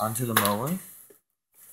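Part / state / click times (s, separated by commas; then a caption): spark plug boot onto lawn mower spark plug / not seated / none. A rubber spark plug boot is handled near a lawn mower's spark plug after a blade change, ready to be pushed back on. Someone talks, then a faint short sound follows before near silence and a soft hiss. Nothing has seated or clicked yet.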